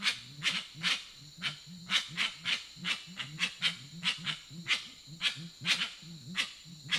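Grey-winged trumpeter producing a rapid, pulsing chain of low hooted notes, accompanied throughout by loud sharp clicks.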